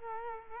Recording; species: mosquito wingbeat signal from an infrared sensor; Culex quinquefasciatus